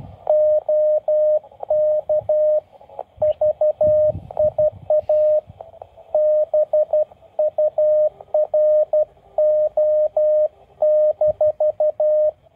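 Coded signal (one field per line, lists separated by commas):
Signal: Morse code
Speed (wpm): 12 wpm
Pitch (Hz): 610 Hz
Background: radio noise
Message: OK VIA BURO-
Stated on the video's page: QRP CW contacts on a new Chinese uSDX handheld transceiver, recorded by another station.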